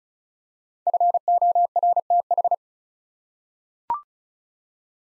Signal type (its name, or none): Morse code